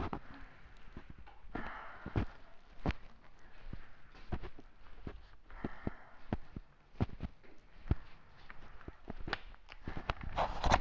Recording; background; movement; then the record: deep breathing; quiet; walking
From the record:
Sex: female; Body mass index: 18.8 kg/m2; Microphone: on the chest, facing outward